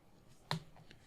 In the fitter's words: should hear little clicks as you go.